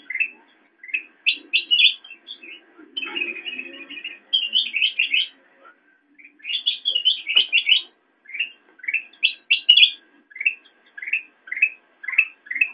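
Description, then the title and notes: Sooty-headed bulbul calls: lively series of rising chirps and bubbly phrases, dense in places, with a soft low rumble under the middle section. Intended as masteran, training audio for songbirds. "suara burung kutilang buat masteran"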